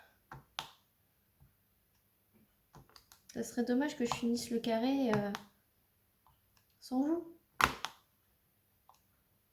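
Square resin drills are handled over an adhesive canvas grid laid out in a checkerboard pattern for tight placement. Short, sharp taps and clicks sound between stretches of someone talking. Nothing has seated or clicked into place yet.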